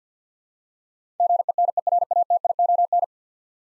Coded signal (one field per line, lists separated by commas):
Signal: Morse code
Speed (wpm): 50 wpm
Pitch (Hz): 700 Hz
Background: none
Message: GENERATION